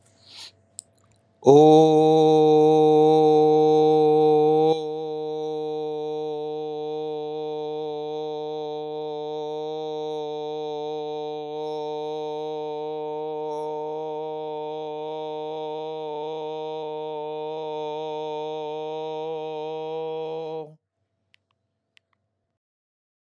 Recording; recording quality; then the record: sustained vowel as in boot; excellent, no background noise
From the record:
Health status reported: healthy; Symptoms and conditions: diabetes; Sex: male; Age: 36 years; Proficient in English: yes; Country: India